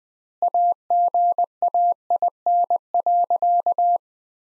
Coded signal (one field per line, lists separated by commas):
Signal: Morse code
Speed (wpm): 20 wpm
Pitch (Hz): 700 Hz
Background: none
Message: AGAIN.